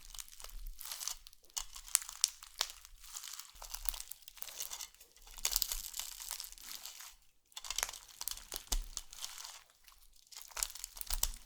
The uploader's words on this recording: NO TALKING Satisfying Slime Triggers.